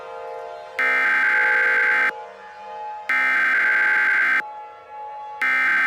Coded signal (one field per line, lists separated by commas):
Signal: Emergency Alert System (SAME) tones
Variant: header bursts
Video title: Lunar Disruption | EAS Scenario #6